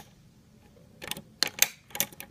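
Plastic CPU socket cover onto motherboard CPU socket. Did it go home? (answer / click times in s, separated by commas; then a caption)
yes / 1.4 s, 1.6 s. A plastic CPU socket protective cover is pressed onto an LGA1151 motherboard socket. After a quiet start and some faint handling noise, sharp snaps are heard at 1.4 s and 1.6 s, followed by a few lighter clicks. The cover is seated, snug and secure.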